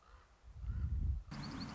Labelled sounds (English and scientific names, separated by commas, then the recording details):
Common Raven (Corvus corax)
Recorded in Sonoma County, California